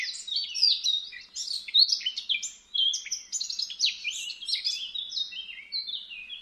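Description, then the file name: Eurasian blackcap song, a fast jumble of twittering and whistled notes, briefly pausing near the middle and then easing into slightly lower, drawn-out phrases at the end. "Sylvia atricapilla"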